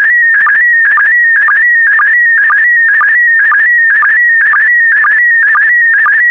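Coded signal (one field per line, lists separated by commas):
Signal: SSTV (slow-scan television)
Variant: PD120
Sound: warbling high tone shifting in pitch, with short low chirps about twice a second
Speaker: five four three two one so so so transmission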